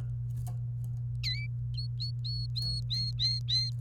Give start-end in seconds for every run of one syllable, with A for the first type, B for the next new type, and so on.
1.24-1.46 A, 1.77-3.70 B